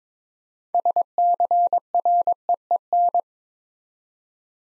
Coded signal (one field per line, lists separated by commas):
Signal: Morse code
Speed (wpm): 22 wpm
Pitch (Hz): 700 Hz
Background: none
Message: SCREEN